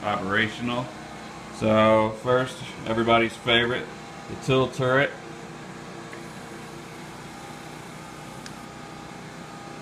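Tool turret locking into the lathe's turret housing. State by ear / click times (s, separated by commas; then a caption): seated / 8.5 s. Someone talks over a steady generator hum while the tool turret on an Emco Compact 5 CNC small lathe is indexed to a new position. At 8.5 s the turret locks into its housing with a single short clunk, confirming it seats.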